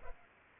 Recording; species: mosquito wingbeat signal from an infrared sensor; Culex pipiens